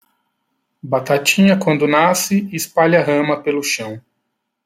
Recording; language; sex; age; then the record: short text; Brazilian Portuguese; male; 40 to 49 years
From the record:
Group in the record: control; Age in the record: 46 years